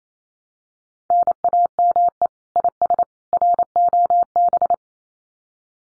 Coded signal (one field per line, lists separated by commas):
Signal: Morse code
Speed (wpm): 28 wpm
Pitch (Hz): 700 Hz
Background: none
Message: NAME IS ROB